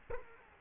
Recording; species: mosquito wingbeat signal from an infrared sensor; Culex quinquefasciatus